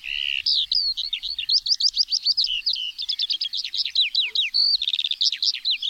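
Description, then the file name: Eurasian skylark song: rapid high warbling with sharp downslurred notes, quick rattling trills and buzzy phrases tumbling nonstop. "SKOWRONEK"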